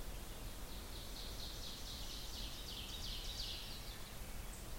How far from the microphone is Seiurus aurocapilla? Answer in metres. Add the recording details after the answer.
about 95 m. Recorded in boreal forest in Alberta, Canada, on 16 June 2016 at 05:32. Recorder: SongMeter 3, array SBT-3-32. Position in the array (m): 103 m, 141 m. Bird 37